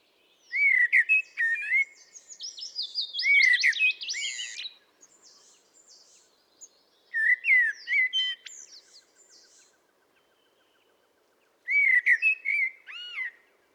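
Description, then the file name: Common blackbird singing loud fluted phrases, each trailing into scratchy high twittering, repeated three times with pauses between. "Turdus merula"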